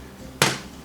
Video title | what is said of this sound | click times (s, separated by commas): Opel C.I.H. Timing Cover Prep - Original Version | you do that, you get that little click. | 0.4 s